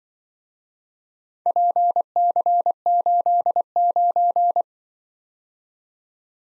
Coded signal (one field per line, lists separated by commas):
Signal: Morse code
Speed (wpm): 25 wpm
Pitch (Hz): 700 Hz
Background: none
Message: PC89